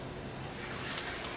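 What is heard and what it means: A fixed-torque connector wrench from SHF tightens a threaded SMA/K-type RF coaxial connector, turned until it clicks at the set torque. Against low steady background noise, a sharp, short click lands at 1.0 s, followed by a fainter tick at about 1.3 s. The wrench reaches its preset torque, confirming the connector is tightened.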